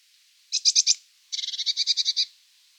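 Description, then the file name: Eurasian blue tit churring call, a short run of four loud buzzy pulses followed by a longer, faster string of rasping notes. "Cyanistes caeruleus"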